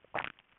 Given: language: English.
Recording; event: throat vibration sensor signal played as sound; swallow